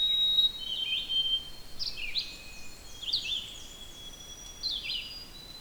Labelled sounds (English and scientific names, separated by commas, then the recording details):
Red-eyed Vireo (Vireo olivaceus) song
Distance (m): 25 m
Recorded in boreal forest in Alberta, Canada, on 6 June 2016 at 05:56
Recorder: SongMeter 3, array SBT-3-51
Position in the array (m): 37 m, 109 m